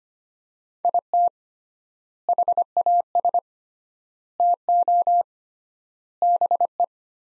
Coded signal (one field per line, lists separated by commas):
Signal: Morse code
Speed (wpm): 25 wpm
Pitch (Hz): 700 Hz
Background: none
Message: IT HAS TO BE